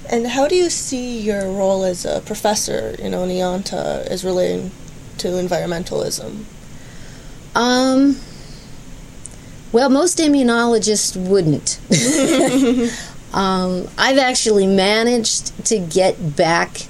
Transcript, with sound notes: How do you see your role as a professor in Oneonta as relating to environmentalism?
Well, most immunologists wouldn't. [laughs] I have actually managed to get back